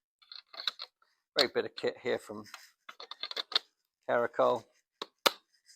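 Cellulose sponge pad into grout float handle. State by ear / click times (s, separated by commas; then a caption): seated / 5.0 s, 5.3 s. Someone talks while a cellulose sponge pad for a Kerakoll grout-cleaning float is pushed onto its plastic handle, with small handling clicks along the way. Two sharp clicks at 5.0 and 5.3 seconds mark the pad locking firmly into place on the handle.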